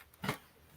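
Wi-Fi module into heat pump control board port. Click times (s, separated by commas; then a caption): 0.2 s. A plug-in Wi-Fi module is pushed into its dedicated slot and port on the control board of a Hitachi ductless cold-climate heat pump indoor unit. A faint tick comes first, then a short, fuller click at about 0.2 s as the module clips into the port and seats.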